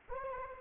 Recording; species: mosquito wingbeat signal from an infrared sensor; Anopheles arabiensis